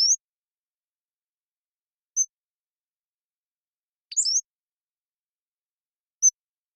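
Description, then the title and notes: Pacific-slope flycatcher song: short high notes about two seconds apart, including one sharp, slurred, squeaky phrase. Long song sequence recorded with a parabolic microphone, processed clean for sound-effects use while keeping natural rhythm and pace. "Pacific-Slope Flycatcher, Empidonax difficilis A long song sequence captured with a parabolic"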